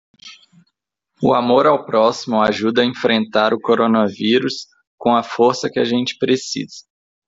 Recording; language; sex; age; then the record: spoken sentence; Brazilian Portuguese; male; 20 to 29 years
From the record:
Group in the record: control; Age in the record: 28 years